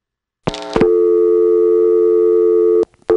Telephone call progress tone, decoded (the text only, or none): dial tone